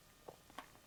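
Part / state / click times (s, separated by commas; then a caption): breast pump collection cup piece clipped onto its mating part / not seated / none. A plastic Momcozy breast pump collection cup piece, already turned to the lock side, is handled to clip onto its mating part. Faint light ticks occur near 0.3 and 0.6 seconds, then a sudden loud sharp burst hits right at the clip's end at 0.9 seconds. Nothing has seated or clicked into place yet.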